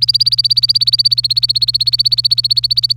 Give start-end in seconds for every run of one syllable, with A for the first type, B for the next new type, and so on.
0.00-2.97 A